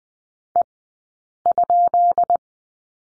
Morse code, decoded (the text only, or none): E?